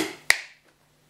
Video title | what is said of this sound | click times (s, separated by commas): Vintage 1980s Hoover S1122 Dustette Vacuum Cleaner Unboxing & First Look | the lip into the slot push at the top here until it clicks | 0.3 s